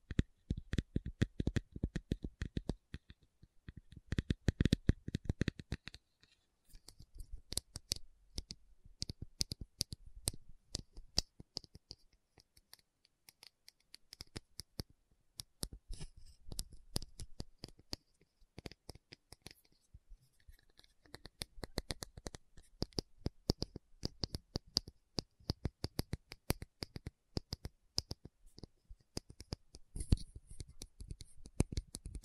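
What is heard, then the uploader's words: A tapping session of dense, quick taps and clicks, each a sharp crisp hit, some with a deeper knock beneath. The taps come in irregular bursts, thinning out around 6–8 and 13–15 seconds before picking up again, with no voice throughout. Tapping Session (No Talking).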